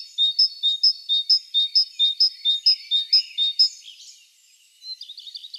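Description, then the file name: Great tit singing a rhythmic see-saw of high and low whistled notes about twice a second, then a brief pause and scattered twittering. "Parus major"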